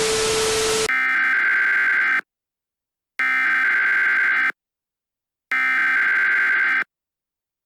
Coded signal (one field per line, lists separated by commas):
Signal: Emergency Alert System (SAME) tones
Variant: header bursts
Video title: EAS Scenario: Hallows Terror 2 - The Final Halloween Night